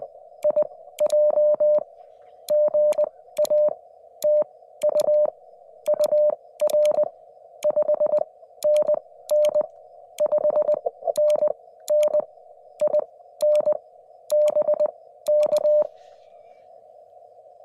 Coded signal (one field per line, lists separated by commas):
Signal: Morse code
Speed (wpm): 20 wpm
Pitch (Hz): 590 Hz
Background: none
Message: IJ GA TU UR 5NN 5NN IN BK